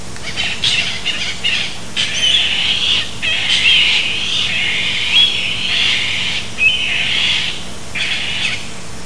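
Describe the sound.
Bird uttering a run of rasping, scratchy calls in quick succession, some short and some drawn out, with a steady low hum behind.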